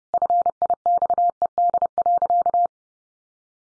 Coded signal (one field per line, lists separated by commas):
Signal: Morse code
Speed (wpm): 30 wpm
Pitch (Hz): 700 Hz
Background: none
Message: FIXED.